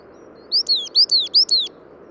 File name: periparus ater